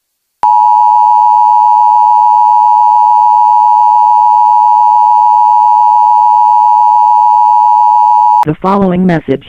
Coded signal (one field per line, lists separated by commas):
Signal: Emergency Alert System (SAME) tones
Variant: 853 and 960 Hz attention tone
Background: speech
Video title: EAS - Civil Emergency Message 9/14/2010